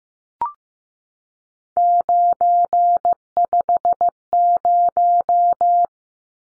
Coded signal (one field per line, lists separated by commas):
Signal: Morse code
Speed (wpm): 15 wpm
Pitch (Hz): 700 Hz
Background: none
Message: 950